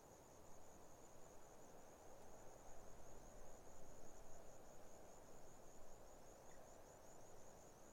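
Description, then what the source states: Grasshopper stridulation, an ongoing shrill pulsing drone, over a soft wind wash that swells midway. Grasshoppers stridulating on a lukewarm autumn afternoon, 6 May 2015, arid Barrier Ranges near Broken Hill, Australian outback; wind through desert she-oaks.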